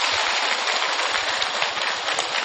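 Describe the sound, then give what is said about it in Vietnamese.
Steady audience applause for film producer Navin Gunaratna at a Buddhist gathering honoring a film about the Buddha: many hands clapping in a dense, even crackle that stays at the same loud level for the whole moment, with no voices over it. “Xin vị dành một tràng vỗ tay.”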